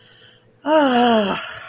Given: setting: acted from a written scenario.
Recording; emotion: vocal sound without words; serenity